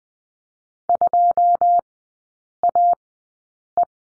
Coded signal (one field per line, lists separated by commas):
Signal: Morse code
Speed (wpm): 20 wpm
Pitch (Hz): 700 Hz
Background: none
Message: 2AE